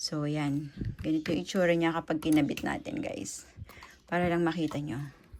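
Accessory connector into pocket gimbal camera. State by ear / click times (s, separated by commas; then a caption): not seated / none. An accessory connector is handled against a DJI Pocket 3 pocket gimbal camera while someone talks throughout. A few faint, small taps sit under the speech, but nothing has seated or clicked yet.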